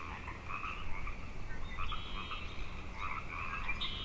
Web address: The Frog Chorus Tunes Up On Grafton Lake